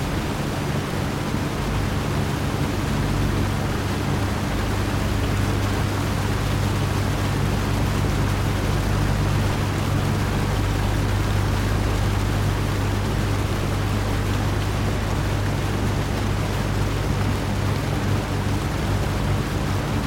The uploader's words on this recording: Home Appliances Ambient White Noise. This combination of fan and dishwasher sounds creates a white noise calming ambiance.